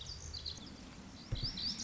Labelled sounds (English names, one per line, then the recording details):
Lazuli Bunting
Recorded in Sonoma County, California